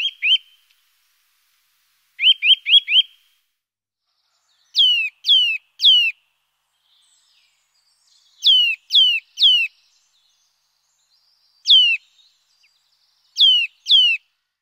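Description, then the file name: Eurasian nuthatch calls: a short run of quick notes, then repeated groups of mostly three loud, downslurred piping whistles spaced every few seconds. "Sittelle torchepot"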